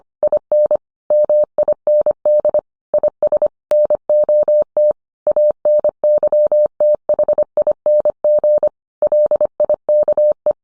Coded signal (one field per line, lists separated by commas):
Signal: Morse code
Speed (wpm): 25 wpm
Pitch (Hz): 600 Hz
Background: none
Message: IN MIND IS NOT ANYTHING LIKE